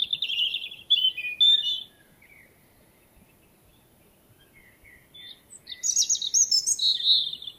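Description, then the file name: European robin: a short, high trilled phrase at the start, several seconds of near silence with faint notes, then a shimmering warble to the end. "Erithacus rubecula"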